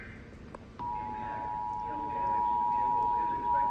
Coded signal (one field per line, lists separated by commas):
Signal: Emergency Alert System (SAME) tones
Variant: 853 and 960 Hz attention tone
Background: speech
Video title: EAS - Required Weekly Test and Severe Thunderstorm Warnings - 05/01/2024 to 05/05/2024